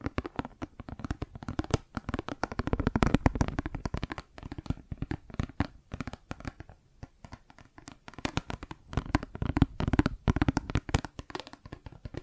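Plastic objects tapped and scratched in quick, irregular bursts of crisp clicks and scrapes, denser around three and ten seconds, with brief pauses.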